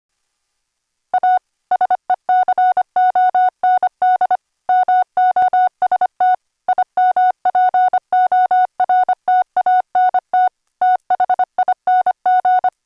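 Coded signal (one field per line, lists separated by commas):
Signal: Morse code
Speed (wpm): 25 wpm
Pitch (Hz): 740 Hz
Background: music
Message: A SECOND MOST IMPORTANT THING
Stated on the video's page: CW sidetone from a vintage Heathkit code practice oscillator or 555 timer oscillator, cleaned by a gate and bandpass filter; includes QRQ CW sent over SonoBus.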